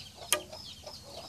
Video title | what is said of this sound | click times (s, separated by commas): BOW & ARROW BASICS PSE BLACK HAWK | so if you heard that click that's when you know your arrow's in place and when you draw | 0.3 s